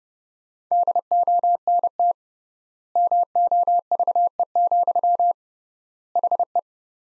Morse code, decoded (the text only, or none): DONT MOVE, HE